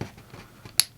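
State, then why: Released. A finger lifts the plastic clip and a Rexing P1 police body camera is pulled up and out of its clip mount, releasing its small locking divot. After faint low handling noise, a single sharp, bright click sounds at 0.8 s as the camera pops free of the mount.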